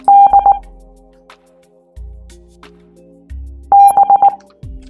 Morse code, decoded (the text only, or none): D B